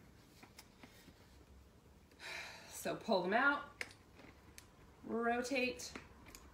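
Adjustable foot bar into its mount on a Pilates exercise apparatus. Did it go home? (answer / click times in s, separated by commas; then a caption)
no / none. An adjustable foot bar is handled on a Pilates wheel apparatus: its pins are pulled out and the bar rotated to drop it to a lower setting in its mount, with brief faint taps and a sharper knock near 3.8 s. Someone talks throughout, and the foot bar has not yet clicked into place in its lower position.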